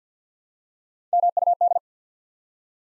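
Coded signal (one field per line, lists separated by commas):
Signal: Morse code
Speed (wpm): 50 wpm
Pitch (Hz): 700 Hz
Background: none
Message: MUD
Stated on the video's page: Morse practice at 50 wpm: 3-letter words built one letter at a time for instant character recognition.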